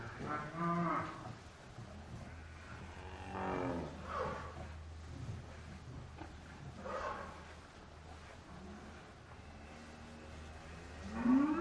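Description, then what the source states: Cow giving several low, drawn-out moos at varying loudness over a constant low hum, with a louder call rising at the very end. Cow mooing inside a barn.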